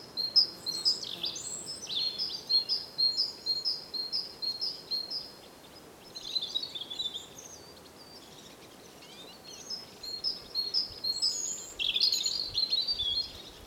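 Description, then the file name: European robin calling with quick high ticking notes about twice a second, broken by a pause and short scratchy warbled bursts, over soft background hiss. "Erithacus rubecula"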